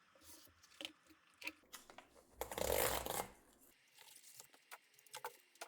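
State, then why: Not seated. The plastic display bezel for a Framework Laptop 13 (Meteor Lake) is picked up and lined up with the perimeter of the laptop screen frame, ahead of being pushed home later. Light crinkly handling noise carries small sharp ticks around 0.9 s and 1.5 s, and a louder, broad rustling burst runs from about 2.4 s to 3.7 s before quieter ticks return. The bezel has not snapped in yet.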